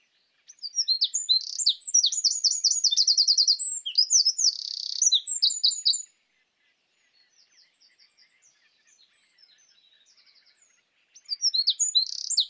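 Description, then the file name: Eurasian wren song, a long burst of loud, rapid high trills and chattering notes for about five seconds, then faint soft notes, then another loud song phrase begins. "Troglodytes troglodytes"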